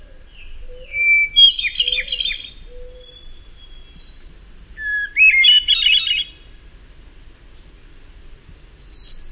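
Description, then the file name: Hermit thrush singing two full phrases about four seconds apart, each a held whistle leading into a shimmering, fluty jumble, with another phrase starting at the end. "HETH song"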